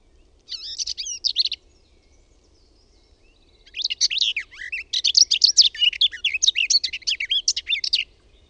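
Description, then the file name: Garden warbler with a brief warbled phrase, a pause, then a prolonged flowing warble of rapid varied notes lasting over four seconds. "LEHTOKERTTU"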